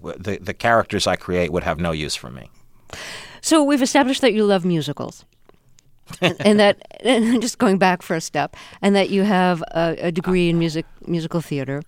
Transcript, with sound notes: The characters I create would have no use for me.
So we've established that you love musicals...
(Laughter).
...And that - and just going back for a step - and that you have a degree in musical theater.